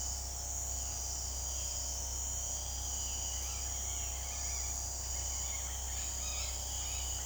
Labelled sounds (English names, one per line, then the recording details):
Violaceous Jay
Red-bellied Macaw
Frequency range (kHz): Violaceous Jay 1.4-3.7 kHz; Red-bellied Macaw 0.9-5.7 kHz
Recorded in dense forest near Puerto Asís, Putumayo, Colombia, on 21 February 2024 at 18:00
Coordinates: 0.485, -76.322
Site G6406